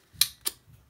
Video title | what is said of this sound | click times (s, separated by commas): Come dissaldare lo stagno. Pompa dissaldante treccia. rimuovere stagno. Dissaldatore succhia stagno | basta premere questa parte fino allo scatto, | 0.2 s